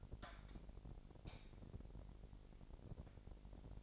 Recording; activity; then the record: daily activity, microphone in the room; light on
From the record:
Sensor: 5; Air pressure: 1012.0 hPa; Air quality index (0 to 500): 248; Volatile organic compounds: 4 ppm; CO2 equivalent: 1697 ppm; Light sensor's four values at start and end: 38/87/36/38 and 39/92/38/40